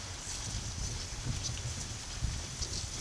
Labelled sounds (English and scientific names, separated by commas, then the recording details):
none
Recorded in pastures near Puerto Asís, Putumayo, Colombia, on 4 March 2025 at 13:30
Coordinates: 0.487, -76.322
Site G077